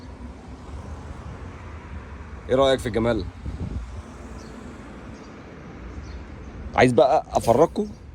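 A Mercedes-Benz G-Class SUV door latch is handled near its striker, but it has not latched or seated yet. Someone talks in two short bursts over low, steady outdoor background noise.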